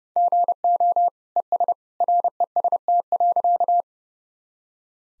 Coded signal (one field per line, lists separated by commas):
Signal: Morse code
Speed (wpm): 30 wpm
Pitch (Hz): 700 Hz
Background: none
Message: GO ES REST.